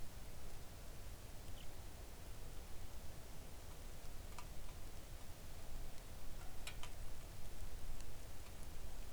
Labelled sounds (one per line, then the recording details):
bird
rain
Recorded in the Arctic National Wildlife Refuge, Alaska, on 3 August 2019 at 05:56
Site 41